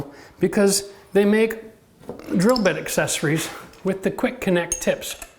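A hex-shank drill bit is handled at the quick-connect chuck of an impact driver while someone talks, with faint metallic clinks in the background. Nothing has seated or clicked yet.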